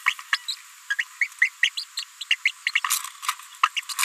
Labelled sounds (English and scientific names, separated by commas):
Green-rumped Parrotlet (Forpus passerinus) babbling